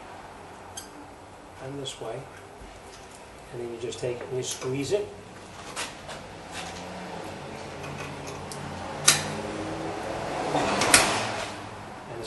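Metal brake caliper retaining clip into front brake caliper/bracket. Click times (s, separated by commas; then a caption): 9.1 s, 10.9 s. A metal brake caliper retaining clip is hooked on at both ends and then squeezed into its seat on the front brake caliper bracket of a Mercury Mariner/Ford Escape during a front brake and rotor replacement, while someone talks. Sharp metallic snaps ring out at 9.1 s and 10.9 s as the clip snaps into place and seats.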